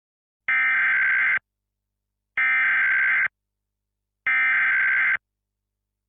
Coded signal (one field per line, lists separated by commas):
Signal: Emergency Alert System (SAME) tones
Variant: header bursts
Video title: Eas analog horror